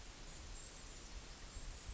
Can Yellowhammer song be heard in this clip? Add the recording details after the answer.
no. Background noise only